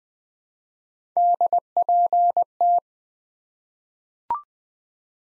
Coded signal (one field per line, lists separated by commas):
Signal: Morse code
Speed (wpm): 20 wpm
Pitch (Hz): 700 Hz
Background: none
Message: DPT